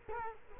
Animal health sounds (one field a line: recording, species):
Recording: mosquito wingbeat signal from an infrared sensor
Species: Culex quinquefasciatus